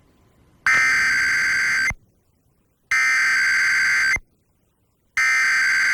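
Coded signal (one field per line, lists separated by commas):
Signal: Emergency Alert System (SAME) tones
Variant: header bursts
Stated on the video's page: Required Monthly Tests tied to Great Shakeout drill: NOAA Weather Radio via Reecom R-1630, FM radio via stereo, and TV via USB tuner and HD antenna.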